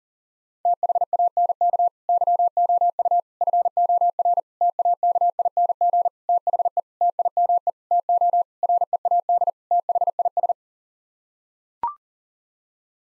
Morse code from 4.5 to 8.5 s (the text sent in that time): TAKING THE TIME TO